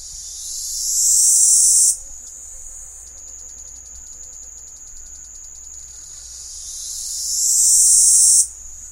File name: keyscicada